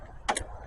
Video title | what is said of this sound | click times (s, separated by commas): camper wont go past 30, part 3: gutting a catalytic converter, spark plugs wires | Heard the click. That's a good sign. | 0.4 s